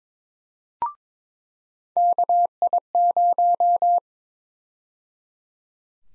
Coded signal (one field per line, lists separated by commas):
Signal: Morse code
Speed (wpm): 22 wpm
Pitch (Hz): 700 Hz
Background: none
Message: KI0